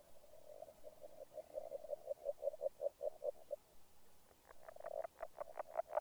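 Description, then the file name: Agile frog call series, rapid soft clucking notes over a hissy background, a second, sharper run of notes starting partway through. "Grenouille agile"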